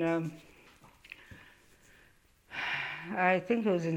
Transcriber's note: she sighs